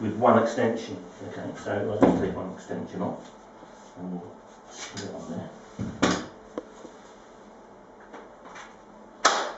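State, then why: Seated. Someone talks while taking an extension off a NaceCare JS1600C commercial power steam cleaner and screwing its tile and window tool onto the steamer's extension wand, with handling knocks along the way. A sharp hit at 9.3 s marks the tool locking into place on the extension.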